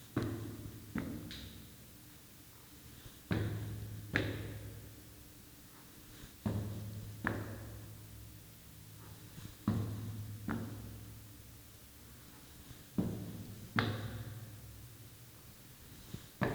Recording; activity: daily activity, guitar pickup as the sensor; go upstairs